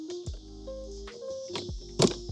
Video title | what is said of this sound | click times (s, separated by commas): Synth Carbon 11th Gen Civic Universal Ambient Lighting Kit! Full Install guide! (2025 Honda Civic) | and then we'll pop this out nice and gentle here. There | 2.0 s